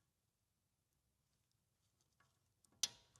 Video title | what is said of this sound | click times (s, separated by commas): Audi TT rebuild - Suspension, Brakes and Bits - E10 | The satisfying click | 2.8 s